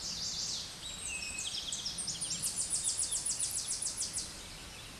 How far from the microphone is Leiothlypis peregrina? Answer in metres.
about 25 m